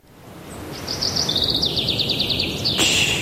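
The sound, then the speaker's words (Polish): Small birds sing in a rapid series of high, bright chirps and trills at the Józef Chełmoński exhibition in the National Museum in Warsaw, repeating quickly over a steady low background noise, with no one speaking. “Spłoszysz ptaszki. Śpiewają w Muzeum Narodowym w Warszawie na wystawie Józef Chełmoński.”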